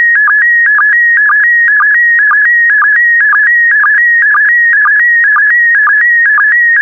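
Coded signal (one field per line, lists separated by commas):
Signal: SSTV (slow-scan television)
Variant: PD120 mode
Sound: steady warbling tone near 2 kHz, stepping down with a short low blip twice a second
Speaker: complete. You can now check your decoded image against the picture that is shown on the video.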